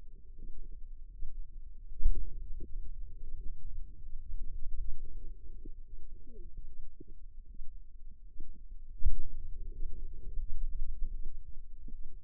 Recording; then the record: forearm muscle sounds (acoustic myography)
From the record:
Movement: finger pinch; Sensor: system 2, bracelet of six BSWA MPA416 microphones around the upper forearm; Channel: 2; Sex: female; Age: 25 years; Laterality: right